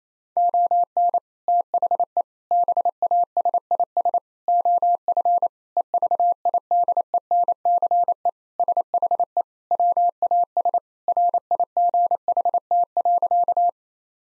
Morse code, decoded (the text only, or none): ON THE BASIS OF EVIDENCE SHE WAS RIGHT.